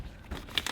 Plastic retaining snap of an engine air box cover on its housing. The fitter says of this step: up here too when you can't even see on the other side but you'll hear it click when I get it yeah